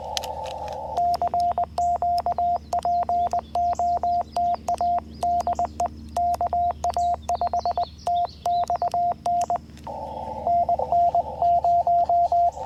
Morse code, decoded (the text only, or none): CQ POTA DE KA5TXN NN0